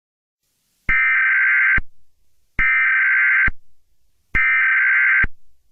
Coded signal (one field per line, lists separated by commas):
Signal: Emergency Alert System (SAME) tones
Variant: header bursts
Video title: Seattle nuclear explosion EAS 23.09.2025